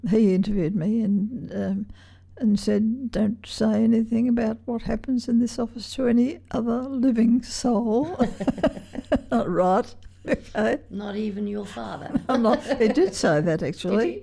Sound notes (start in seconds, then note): 8.0 laughs; 12.0 laughs